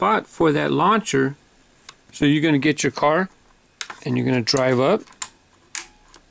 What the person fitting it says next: Once you hear that click, you know that's inside the cavity.